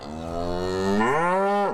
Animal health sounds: contact call of a hoofed animal; cattle; low-frequency (closed-mouth) or high-frequency (open-mouth) call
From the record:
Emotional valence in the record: negative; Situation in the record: separation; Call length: 1.73 s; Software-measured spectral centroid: 1530 Hz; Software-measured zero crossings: 1360 a second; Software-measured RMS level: -24 dBFS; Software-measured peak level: -12 dBFS

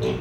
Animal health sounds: contact call of a hoofed animal; pig; closed-mouth grunt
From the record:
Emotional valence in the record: positive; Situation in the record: food and toys in familiar pen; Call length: 0.21 s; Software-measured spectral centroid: 1810 Hz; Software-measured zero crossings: 1090 a second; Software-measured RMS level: -25 dBFS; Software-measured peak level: -13 dBFS

